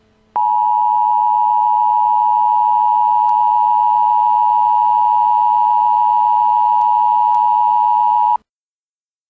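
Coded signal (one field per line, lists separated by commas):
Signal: Emergency Alert System (SAME) tones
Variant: 853 and 960 Hz attention tone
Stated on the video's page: Mock 911 telephone outage emergency for Luzerne County.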